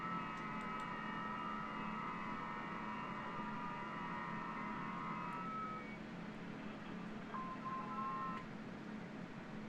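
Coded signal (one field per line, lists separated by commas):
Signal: FT8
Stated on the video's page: FT8 at QRP on 20 and 40 meters.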